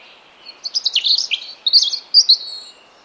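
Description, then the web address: European robin song, one short twittering phrase of quick high notes that rise and fall, with faint background hiss. "cianscape birddata Deverinetal 2025 Bird Only Er Ru"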